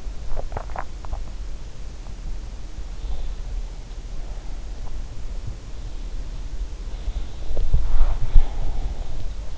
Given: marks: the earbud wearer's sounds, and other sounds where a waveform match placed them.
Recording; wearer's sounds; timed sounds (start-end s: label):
sounds in sleep by an in-ear microphone; swallowing, breath, body movement
0.31-1.35 s: swallowing
7.38-9.58 s: breath
7.87-8.71 s: body movement